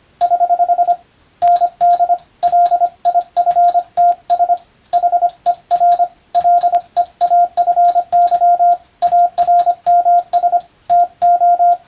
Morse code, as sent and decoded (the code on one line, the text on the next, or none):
........ / -. -.. / .-.. .. ..-. - ... / .... . .-. / .-.. . .- ..-. -.-- / .- .-. -- ... / - ---
<HH> ND LIFTS HER LEAFY ARMS TO